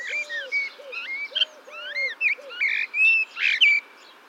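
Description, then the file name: Eurasian blackbird giving rapid varied whistled notes, some rising and falling, while a lower arched note repeats underneath through the first half. "Turdus merula"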